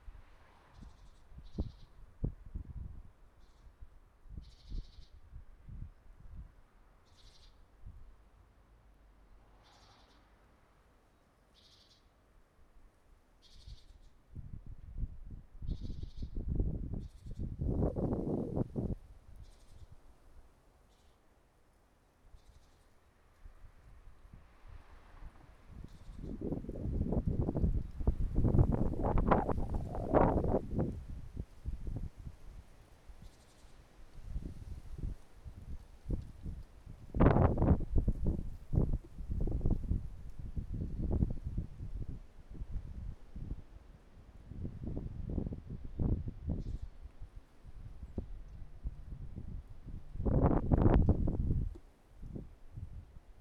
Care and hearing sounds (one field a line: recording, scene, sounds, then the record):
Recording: everyday scene through a hearing-aid microphone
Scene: wind on the microphone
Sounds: wind, traffic, birds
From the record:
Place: suburban garden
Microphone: behind the ear, right, rear